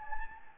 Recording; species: mosquito wingbeat signal from an infrared sensor; Anopheles gambiae